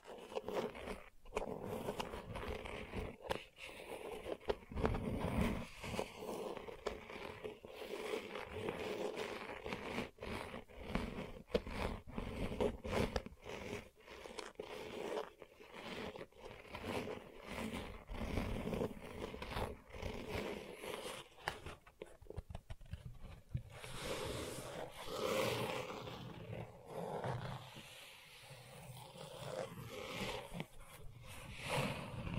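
Gentle scratching goes on without a break, made of quick, dense strokes that rasp and scrape at an uneven pace. The texture stays full and grainy, with a steady low rumble under it. Around twenty seconds the strokes thin out briefly, then build again.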